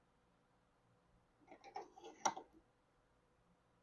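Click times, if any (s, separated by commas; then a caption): 2.3 s. A 3D-printed plastic handle scale is slowly pressed onto the side of a Hiker pocket multitool held in a vice with soft jaws and paper towel. Quiet creaks and small clicks build from about 1.5 s, and a sharp snap at 2.3 s marks the scale going into place. It appears to seat, though a full seat is not clearly confirmed.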